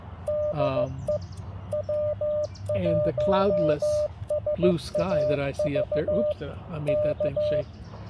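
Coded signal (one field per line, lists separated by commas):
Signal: Morse code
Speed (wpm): 15 wpm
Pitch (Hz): 590 Hz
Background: speech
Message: DE W1SAV K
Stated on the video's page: CW during an Independence Day park activation with good propagation.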